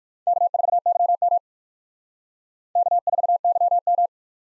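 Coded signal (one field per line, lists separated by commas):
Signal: Morse code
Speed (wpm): 51 wpm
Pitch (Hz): 700 Hz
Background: none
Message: K4YM K4YM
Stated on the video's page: Morse practice of USA 1x2 call signs, starting fast and slowing to a base speed; fastest is 1.5 times slowest, with a final repeat at maximum speed.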